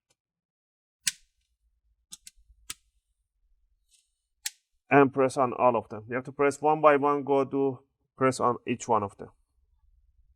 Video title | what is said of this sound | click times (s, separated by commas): XBOX One fan Noise repair & Full Service Guide | and with your thumb just push it towards the motherboard and you're going to hear click and do this one right now | 1.1 s, 4.5 s